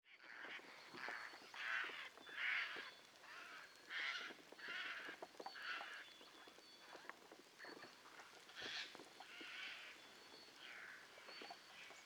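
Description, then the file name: Eurasian jay uttering repeated raspy screeches, roughly one or two a second at uneven intervals, with clicking noises and a faint thin whistle in the background. "Garrulus glandarius"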